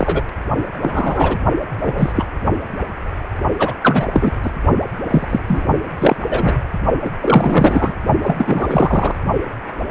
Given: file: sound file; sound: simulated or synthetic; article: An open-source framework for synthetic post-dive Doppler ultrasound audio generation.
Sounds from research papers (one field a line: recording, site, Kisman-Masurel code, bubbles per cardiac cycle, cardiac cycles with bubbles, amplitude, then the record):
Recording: Doppler ultrasound audio after a dive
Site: precordial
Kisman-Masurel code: 233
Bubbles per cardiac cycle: several, 3–8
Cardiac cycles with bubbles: 50–99%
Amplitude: loud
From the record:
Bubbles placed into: partial cardiac cycles